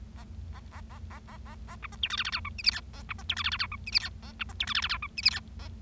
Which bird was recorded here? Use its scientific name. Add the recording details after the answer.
Lonchura striata domestica. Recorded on 25 March 2012 at 10:41. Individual gy6or6